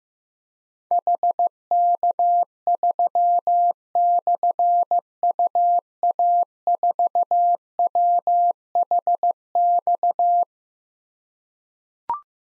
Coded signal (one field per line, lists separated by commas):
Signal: Morse code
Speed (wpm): 15 wpm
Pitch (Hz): 700 Hz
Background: none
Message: HK3/UA4WHX